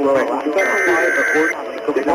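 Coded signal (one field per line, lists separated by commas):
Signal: Emergency Alert System (SAME) tones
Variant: header bursts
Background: speech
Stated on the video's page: Fictional EAS scenario, a remastered version of an earlier one.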